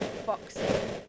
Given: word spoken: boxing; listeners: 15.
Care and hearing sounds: one English word in noise, from a listening test; noise modulated by three-talker babble; -3.9 dB; 3 of 15; 8 of 15; 0.68 s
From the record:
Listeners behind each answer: 8, 3, 3, 1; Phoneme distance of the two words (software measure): 24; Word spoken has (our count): 2 syllables, 6 phonemes, stress on syllable 1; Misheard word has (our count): 1 syllable, 4 phonemes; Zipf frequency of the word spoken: 4.29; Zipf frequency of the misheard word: 4.46

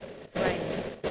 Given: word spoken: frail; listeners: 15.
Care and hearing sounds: one English word in noise, from a listening test; noise modulated by three-talker babble; -5.3 dB; 0 of 15; 8 of 15; 0.71 s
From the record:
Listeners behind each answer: 8, 1, 1, 1, 1, 1, 1, 1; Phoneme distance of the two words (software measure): 27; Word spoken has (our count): 1 syllable, 4 phonemes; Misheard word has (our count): 1 syllable, 5 phonemes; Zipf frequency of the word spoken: 3.26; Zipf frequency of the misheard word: 5.29

